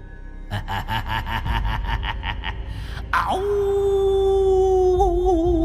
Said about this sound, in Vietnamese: Thì ra là con chó tinh đã dung hợp lại hai phần hồn phách. Nó chiếm lấy tâm trí của tôi rồi gầm lên một tiếng.